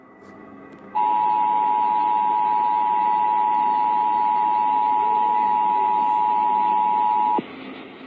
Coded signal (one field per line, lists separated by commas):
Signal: Emergency Alert System (SAME) tones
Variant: 853 and 960 Hz attention tone